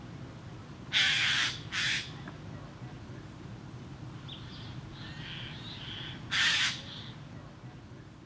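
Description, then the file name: Eurasian jay with harsh screeching calls, a loud double screech early, quieter scratchy notes in the middle, then another rasping burst. "Garrulus glandarius"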